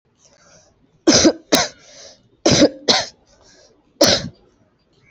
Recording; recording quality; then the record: heavy voluntary cough; excellent, no background noise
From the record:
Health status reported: exposed to COVID-19, no respiratory illness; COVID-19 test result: negative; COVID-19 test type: RT-PCR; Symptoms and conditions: cough, cold, sore throat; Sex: female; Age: 25 years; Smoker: no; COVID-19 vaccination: both doses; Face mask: not worn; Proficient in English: yes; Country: India